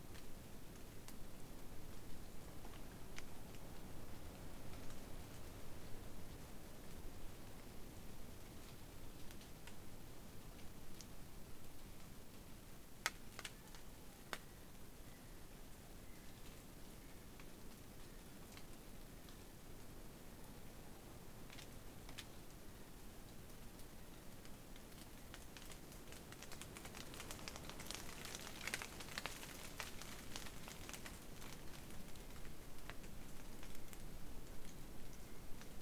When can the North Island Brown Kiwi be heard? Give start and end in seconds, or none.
13.48-35.81